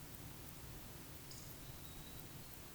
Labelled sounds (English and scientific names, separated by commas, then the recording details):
Eurasian Woodcock (Scolopax rusticola) whistle
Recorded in Baden-Württemberg, Germany, on 13 June 2021 at 20:08 UTC
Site 23718, 552 m above sea level